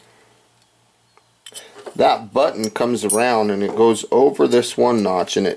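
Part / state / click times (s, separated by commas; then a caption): pot-support leg locking button into camping stove body notch / seated / 1.5 s. A metal pot-support leg on a camping stove is swung round so its small button rides over a first small notch, giving a faint tap at 1.2 s. It then clicks into its locking spot between two notches at 1.5 s, seating the leg. Someone then talks.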